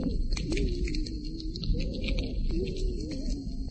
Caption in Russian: Приступ удушья является ведущим симптомом бронхиальной астмы. Уже в начале приступа дыхание становится шумным и свистящим. Выдох удлинен.